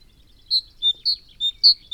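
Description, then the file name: Great tit giving a steady run of six ringing whistled notes, alternating high and slightly lower, evenly spaced about three per second. "Parus major"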